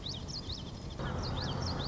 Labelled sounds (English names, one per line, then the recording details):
Common Yellowthroat
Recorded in Sonoma County, California